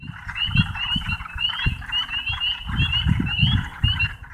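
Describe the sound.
Frogs calling in a dense chorus of rapid, overlapping chirping notes, with low rumbling noise underneath throughout.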